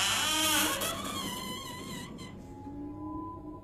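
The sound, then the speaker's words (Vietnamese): An old wooden door creaks open in one long, drawn-out groan, starting with a raspy, noisy scrape and thinning into a wavering, wheezy squeal that slides in pitch, with no voices. “Cánh cửa gỗ cũ nát. Có lẽ là từ những năm 75, lúc mà người ta xây cái dãy phố này. Nó rít lên một hồi.”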